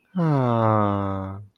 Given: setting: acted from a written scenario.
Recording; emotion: vocal sound without words; adoration